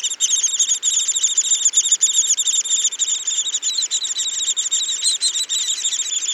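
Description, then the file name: Lesser spotted woodpecker chatter: high, sharp notes packed closely together in an unbroken run, slightly uneven in rhythm, with no other sounds standing out. "Picchio Rosso Minore"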